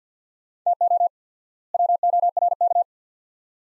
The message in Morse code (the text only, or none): TO WORK